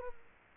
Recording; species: mosquito wingbeat signal from an infrared sensor; Culex quinquefasciatus